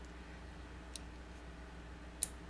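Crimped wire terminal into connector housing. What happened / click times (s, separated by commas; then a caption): The crimped terminal clicked home in the connector housing / 2.2 s. A crimped wire terminal is pushed into a plastic connector housing. A faint tick comes at 1.0 s, then a sharp, bright click at 2.2 s. The terminal locks in, showing a good crimp and a correctly seated terminal.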